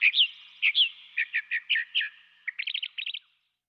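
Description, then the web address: Northern mockingbird singing quick repeated phrases, squeaky doubled notes then a series of short chirps and a final rapid trill-like burst. Western North America. "Dan Gibson Wildlife Identification By Sound, Western North America. Northern Mockingbird"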